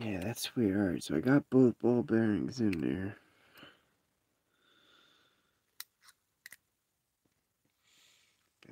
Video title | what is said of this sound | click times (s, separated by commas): Turning a Pac-Lock 90a into a LOTO (Lock out Tag out) | this side's not latching there yep | none